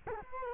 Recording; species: mosquito wingbeat signal from an infrared sensor; Culex quinquefasciatus